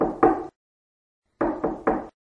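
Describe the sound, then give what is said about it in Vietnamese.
Knocking on a door of the neighbouring room: two firm raps, a pause of about a second, then three more evenly spaced knocks, fairly loud and dull with no voices. “phòng bên cạnh truyền tới tiếng 16 gõ cửa.”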